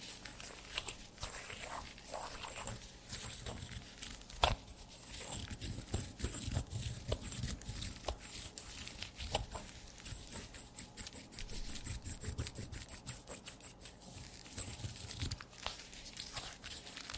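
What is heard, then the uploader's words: Leather creaks and squeaks in irregular bursts, with sharp crackling clicks and rubbing scattered across the whole stretch. A louder snap stands out near four and a half seconds. Underneath runs a steady low hum, with faint hiss at the top. TimASMR-ASMR Doing Your Squeaky Leather Requests (NO TALKING).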